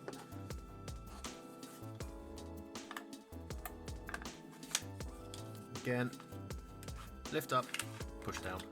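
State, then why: Not seated. Someone talks over background music while handling an adjustable buttstock for an airsoft M4 AEG rifle, lifting the adjustment lever and pushing the stock back onto the buffer tube. Light handling knocks are heard, but the buttstock has not locked into place or clicked yet.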